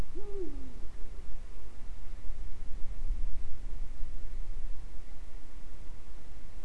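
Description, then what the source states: Eurasian eagle-owl giving a single deep hoot that rises sharply, then slides down, over a steady low rumble of background noise. Recorded in Øygarden, Vestland, Norway, in 2020.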